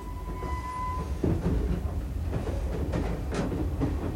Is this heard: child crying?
no